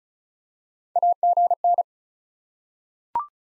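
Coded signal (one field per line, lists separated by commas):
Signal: Morse code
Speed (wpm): 36 wpm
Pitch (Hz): 700 Hz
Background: none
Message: AGN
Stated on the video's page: Head-copy drill of common QSO elements at 35 wpm; each element is sent in Morse, spoken, then sent again.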